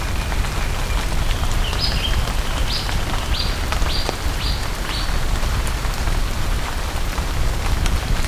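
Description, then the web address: Bird calls: a series of six short, high, upward-slurred notes under heavy, steady background noise. "BIRD 2015 small 50 CLASSES SABIOD 50 bird 2015"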